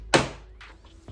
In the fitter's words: You'll hear it click into place.